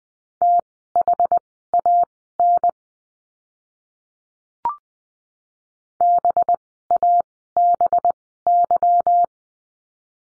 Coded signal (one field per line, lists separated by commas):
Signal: Morse code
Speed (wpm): 20 wpm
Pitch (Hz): 700 Hz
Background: none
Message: THAN BABY